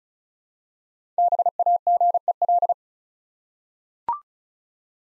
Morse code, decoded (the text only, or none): BAGEL